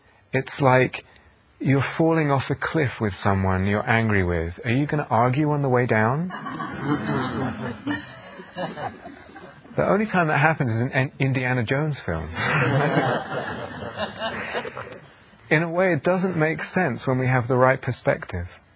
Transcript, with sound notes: it's like you're falling off a cliff with someone you're angry with. Are you going to argue on the way down? [laughter] The only time that happens is in Indiana Jones films. [laughter] In a way, it doesn't make sense when we have the right perspective.